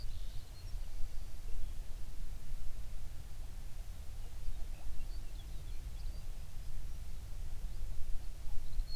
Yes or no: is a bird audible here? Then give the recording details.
yes. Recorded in the Prudhoe Bay oil fields, Alaska, on 11 June 2019 at 05:17. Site 21